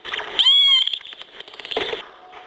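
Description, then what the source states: Dolphin whistle: one clear high tonal whistle with harmonics lasting under half a second, amid clicks and bursts of noise. Mother dolphin calling her calf; after birth the mother calls the calf with characteristic whistles for several days so it learns its name, used lifelong by others.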